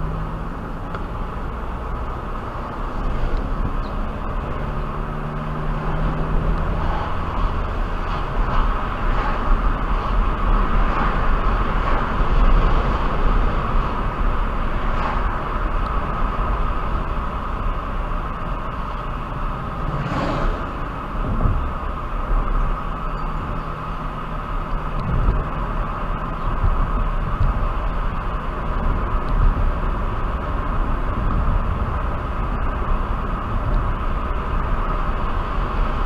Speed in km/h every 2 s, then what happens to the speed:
40, 48, 56, 60, 64, 68, 66, 64, 64, 55, 53, 55, 55, 55, 56, 61, 63, 64.
0-9 speeds up to 68. 9-16 steady at about 64. 16-19 brakes to 53. 19-36 speeds up to 64.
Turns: none.